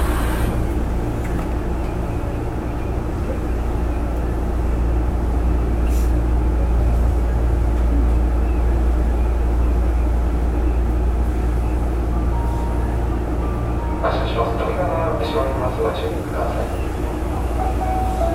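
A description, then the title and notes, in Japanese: Running sound recorded aboard an express train: a steady, dense low rumble and hum fills the whole recording at an even level. Faint voices murmur in the background, and from about 14 seconds brighter clicks and a thin whine briefly join in. 阪急電鉄9300系電車の走行音です。京都線の特急列車にて収録しました。区間は高槻市から烏丸までです。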